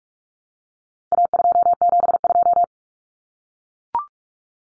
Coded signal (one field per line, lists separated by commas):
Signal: Morse code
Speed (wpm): 44 wpm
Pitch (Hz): 700 Hz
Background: none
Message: A272